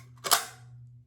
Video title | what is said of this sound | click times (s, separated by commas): “Fear City” Soap & Aftershave, Vintage 1970’s Wilkinson Sword Bonded Razor & Mojo Brush. | it snaps right in. | 0.3 s